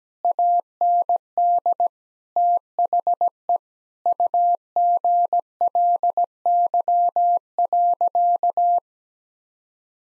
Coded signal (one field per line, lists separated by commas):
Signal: Morse code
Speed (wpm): 17 wpm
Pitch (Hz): 700 Hz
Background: none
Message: AND THE UGLY.